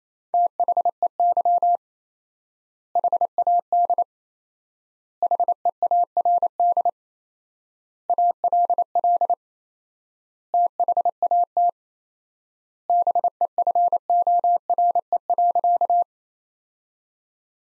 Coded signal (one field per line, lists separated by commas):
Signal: Morse code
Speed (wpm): 27 wpm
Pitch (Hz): 700 Hz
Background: none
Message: THEY HAD HEARD ALL THAT BEFORE.